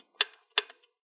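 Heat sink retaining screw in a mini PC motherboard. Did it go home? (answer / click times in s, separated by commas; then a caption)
released / 0.2 s, 0.6 s. A thread-locked screw holding the metal heat sink to the motherboard of a Lenovo ThinkCentre mini PC is being loosened, one of four such screws. Two sharp clicks ring out at 0.2 s and 0.6 s, each followed by fainter ticks. The screw has broken loose and is released.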